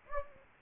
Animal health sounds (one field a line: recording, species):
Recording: mosquito wingbeat signal from an infrared sensor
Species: Anopheles gambiae